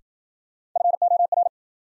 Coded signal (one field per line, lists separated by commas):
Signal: Morse code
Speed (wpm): 53 wpm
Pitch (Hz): 700 Hz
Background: none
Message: FOR